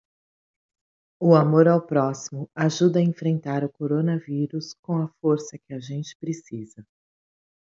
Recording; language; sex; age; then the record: spoken sentence; Brazilian Portuguese; female; 40 to 49 years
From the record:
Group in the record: control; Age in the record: 44 years